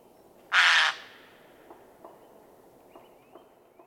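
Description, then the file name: Eurasian jay giving a single harsh rasping screech, followed by quiet with faint soft ticks in the background. "Garrulus glandarius"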